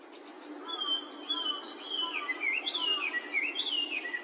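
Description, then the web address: Bird calls: tumbling whistled phrases with quick rising and falling slurs and thin high chirps above them, heard against a constant low rumble. "yacho koe"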